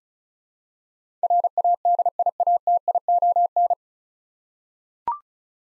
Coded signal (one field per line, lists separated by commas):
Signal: Morse code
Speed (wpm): 36 wpm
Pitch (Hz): 700 Hz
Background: none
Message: RADIATION